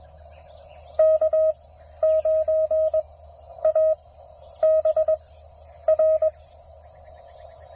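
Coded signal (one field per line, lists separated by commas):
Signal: Morse code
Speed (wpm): 21 wpm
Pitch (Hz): 630 Hz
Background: none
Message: K9ABR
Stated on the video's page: CW park activation on a Penntek TR-45L transceiver, its first outing.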